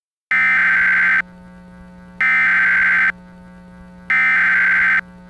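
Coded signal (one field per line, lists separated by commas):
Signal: Emergency Alert System (SAME) tones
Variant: header bursts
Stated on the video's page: Fictional, simulated EAS scenario.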